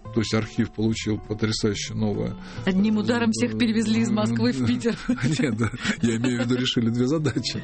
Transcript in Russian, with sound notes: то есть архив получил потрясающее новое.
Одним ударом всех перевезли из Москвы в Питер. (все смеются)
Нет. Я имею в виду, решили 2 задачи.